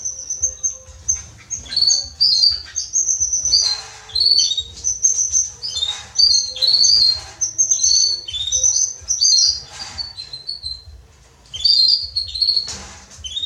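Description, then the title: Belgian canary song, high twittering phrases of quick chirps and short trills in bursts with brief pauses, a low hum underneath. Male Belgian canary singing a lot; recording meant to warm up young canaries within 30 minutes. "Esquente Seu Filhote E Canario Belga Em 30 Minutos Macho Cantando Muito. Esquente seu canrio belga em 30 minutos - Canrio Pastinha cantando"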